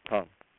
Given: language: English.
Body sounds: throat vibration sensor signal played as sound; speech

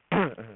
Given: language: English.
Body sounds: throat vibration sensor signal played as sound; throat clearing

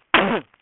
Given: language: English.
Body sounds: throat vibration sensor signal played as sound; cough

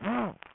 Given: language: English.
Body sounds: throat vibration sensor signal played as sound; throat clearing

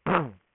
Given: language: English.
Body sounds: throat vibration sensor signal played as sound; throat clearing

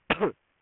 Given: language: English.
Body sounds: throat vibration sensor signal played as sound; cough

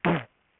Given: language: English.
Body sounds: throat vibration sensor signal played as sound; throat clearing

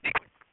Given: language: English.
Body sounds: throat vibration sensor signal played as sound; swallow

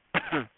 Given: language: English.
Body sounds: throat vibration sensor signal played as sound; cough

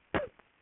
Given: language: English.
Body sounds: throat vibration sensor signal played as sound; cough

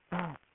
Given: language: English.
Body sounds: throat vibration sensor signal played as sound; throat clearing

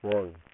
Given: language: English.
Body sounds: throat vibration sensor signal played as sound; speech

